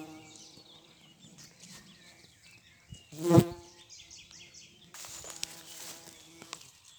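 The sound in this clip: Bumblebee flight buzz, a low harmonic drone with one loud swelling pass midway.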